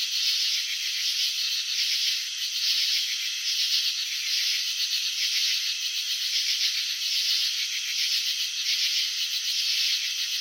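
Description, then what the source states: Cricket chirping slowed down, a dense rasping drone that swells in soft pulses, with no other sounds. Crickets chirping, wings vibrating, shown in slow motion.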